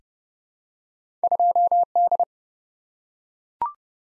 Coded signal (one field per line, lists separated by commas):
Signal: Morse code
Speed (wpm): 30 wpm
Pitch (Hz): 700 Hz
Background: none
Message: 2D